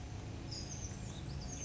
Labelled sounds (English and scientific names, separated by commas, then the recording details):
Oak Titmouse (Baeolophus inornatus)
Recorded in Sonoma County, California